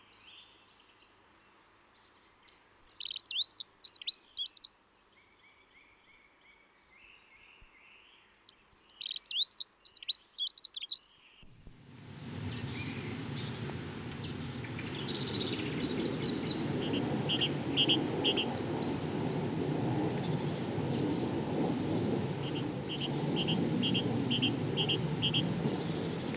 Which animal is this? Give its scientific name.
Prunella modularis